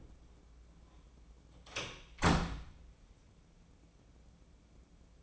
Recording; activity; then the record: daily activity, microphone in the room; close door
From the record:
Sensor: 1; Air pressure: 1012.4 hPa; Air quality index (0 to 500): 166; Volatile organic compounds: 3 ppm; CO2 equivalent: 1366 ppm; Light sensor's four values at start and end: 631/1458/651/776 and 658/1521/679/811